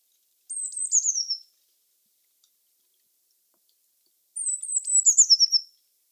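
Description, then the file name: Eurasian blue tit: two high, chattering phrases that fall in pitch, separated by about three seconds of silence. "Cyanistes caeruleus"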